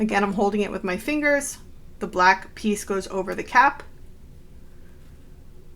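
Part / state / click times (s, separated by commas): snap cap and setter piece on a faux leather clutch flap / not seated / none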